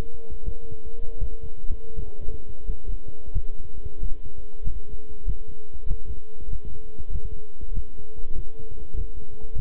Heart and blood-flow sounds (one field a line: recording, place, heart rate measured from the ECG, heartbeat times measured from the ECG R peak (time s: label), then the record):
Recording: heart sounds by stethoscope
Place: between the tricuspid and mitral areas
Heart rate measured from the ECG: 92 bpm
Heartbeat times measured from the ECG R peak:
0.43 s: heartbeat
1.18 s: heartbeat
1.94 s: heartbeat
2.64 s: heartbeat
3.31 s: heartbeat
3.98 s: heartbeat
4.62 s: heartbeat
5.24 s: heartbeat
5.86 s: heartbeat
6.48 s: heartbeat
7.10 s: heartbeat
7.72 s: heartbeat
8.34 s: heartbeat
8.95 s: heartbeat
9.54 s: heartbeat
From the record:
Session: walking at 3.7 km/h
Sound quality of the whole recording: good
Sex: male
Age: 26 years